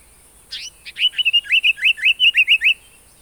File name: African Paradise Flycatcher (Terpsiphone viridis)